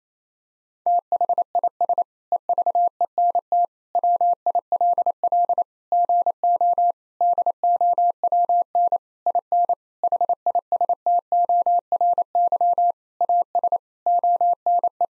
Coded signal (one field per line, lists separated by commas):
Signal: Morse code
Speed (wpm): 28 wpm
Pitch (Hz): 700 Hz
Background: none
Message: THIS EVENT WILL GO DOWN IN HISTORY AS ONE